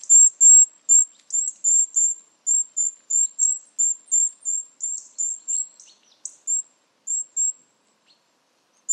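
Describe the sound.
Bird calls: a rapid series of high, thin, slightly slurred chirps, about three per second, fading slightly toward the end.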